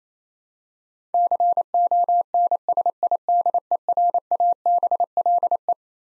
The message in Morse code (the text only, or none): CONSIDERABLE